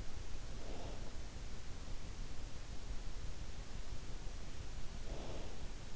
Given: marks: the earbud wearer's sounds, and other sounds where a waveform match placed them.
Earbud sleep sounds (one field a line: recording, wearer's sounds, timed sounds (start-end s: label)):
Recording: sounds in sleep by an in-ear microphone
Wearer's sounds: breath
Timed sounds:
0.58-1.36 s: breath
5.06-5.91 s: breath